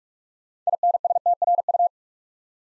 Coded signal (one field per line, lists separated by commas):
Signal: Morse code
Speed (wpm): 44 wpm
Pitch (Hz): 700 Hz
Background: none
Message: INSTRU